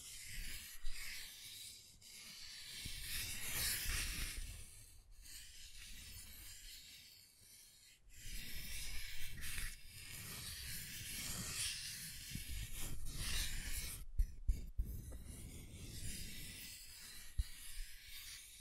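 Scratching and tracing strokes rasp in uneven bursts, bright and hissy, with brief pauses and a few sharp clicks near fourteen and seventeen seconds.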